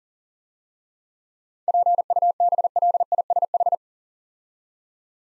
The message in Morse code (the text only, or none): PUBLISH